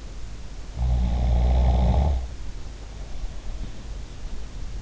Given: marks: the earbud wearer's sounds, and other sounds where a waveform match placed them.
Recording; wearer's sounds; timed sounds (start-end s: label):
sounds in sleep by an in-ear microphone; snoring breath
0.78-3.66 s: snoring breath